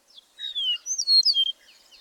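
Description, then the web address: Bird song: a continuous high warbled phrase of whistled notes falling and rising, including a long descending slur and a bright sweeping ending. "birdsong 162"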